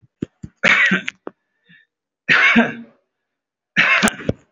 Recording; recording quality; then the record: heavy voluntary cough; excellent, no background noise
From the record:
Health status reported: recovered from COVID-19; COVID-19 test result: positive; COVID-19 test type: RT-PCR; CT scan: taken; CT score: 0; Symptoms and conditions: breathing difficulty, fatigue, muscle pain, pneumonia, another respiratory illness, hypertension, another condition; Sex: male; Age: 54 years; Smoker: yes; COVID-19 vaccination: none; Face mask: not worn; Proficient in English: yes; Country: India